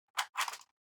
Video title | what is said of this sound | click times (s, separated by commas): Honest Review: The Wingchester (A COLLABORATION OF TWO GREAT DESIGNERS?!?!) | As long as you're conscious of what you're doing, they click into place, | 0.2 s, 0.5 s